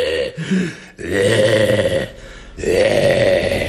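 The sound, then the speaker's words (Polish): Loud, raspy snoring that rumbles in long rough breaths, with a short snort first and then two sustained growling snores separated by brief pauses, from a sleeper whose upper and lower airways are congested by illness. No one speaks. “Ale jak zajęło jej też te dolne drogi oddechowe, no i teraz chrapie tak jak ranny bob.”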